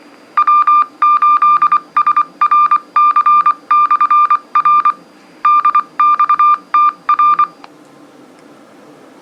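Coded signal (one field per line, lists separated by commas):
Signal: Morse code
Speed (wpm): 24 wpm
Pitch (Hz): 1200 Hz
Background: none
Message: W8SRC/R DXTR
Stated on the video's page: Morse on a simplex repeater.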